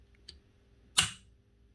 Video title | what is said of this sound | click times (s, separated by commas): Modifying an Old obsolete Hitachi DH 38 YE hammer to hold a chisel again | But the problem is, that's it locked into place. It's still in the open position. | 1.0 s